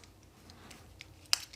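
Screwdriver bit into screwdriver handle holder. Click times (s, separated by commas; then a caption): 1.3 s. A screwdriver bit is pushed into the locking holder of a screwdriver set's handle. A few faint ticks come first, then one sharp, loud click at 1.3 s as the bit locks in nice and tight.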